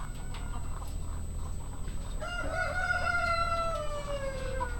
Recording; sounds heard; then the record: poultry house recording; sick chickens (respiratory disease)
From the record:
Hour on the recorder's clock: 1